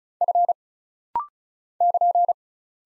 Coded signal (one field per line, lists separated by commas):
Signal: Morse code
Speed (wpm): 36 wpm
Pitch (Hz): 700 Hz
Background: none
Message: F <KN>